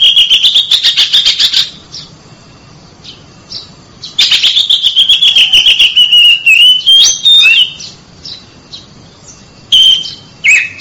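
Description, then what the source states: Oriental magpie-robin singing loud rapid buzzy trills alternating with long clear whistled notes that waver and rise, ending with short sharp whistles. Champion competition bird.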